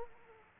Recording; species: mosquito wingbeat signal from an infrared sensor; Aedes aegypti